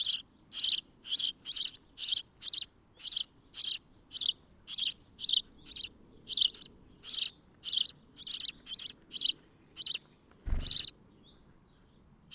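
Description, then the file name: House sparrow chirping steadily, short bright chirps repeated about twice a second for most, with a brief low thump near the end before it falls quiet. "Passer domesticus"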